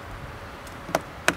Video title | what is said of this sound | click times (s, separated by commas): Improve the interior lighting in your Tesla | it just clicks right in | 0.9 s, 1.3 s